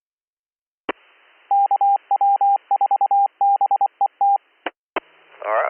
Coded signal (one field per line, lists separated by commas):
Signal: Morse code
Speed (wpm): 24 wpm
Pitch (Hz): 800 Hz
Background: speech, radio noise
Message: KW4BET